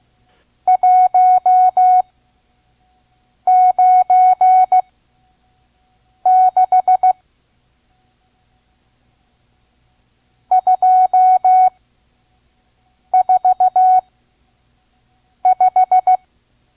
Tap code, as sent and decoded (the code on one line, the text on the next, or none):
none